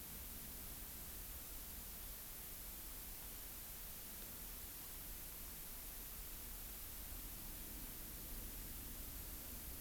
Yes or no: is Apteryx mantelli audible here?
no